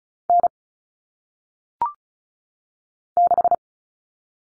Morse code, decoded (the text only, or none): N 6